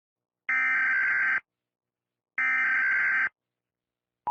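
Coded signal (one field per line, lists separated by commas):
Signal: Emergency Alert System (SAME) tones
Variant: header bursts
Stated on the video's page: Fictional scary EAS warning tones, not a real alert.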